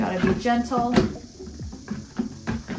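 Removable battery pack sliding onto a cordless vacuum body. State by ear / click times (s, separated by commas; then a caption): not seated / none. A plastic removable battery pack is being handled as it's slid gently onto a cordless stick vacuum body, with music playing and someone talking. A few short knocks are heard, including sharper hits at 2.5 and 2.7 seconds, but the pack has not seated or clicked into place yet.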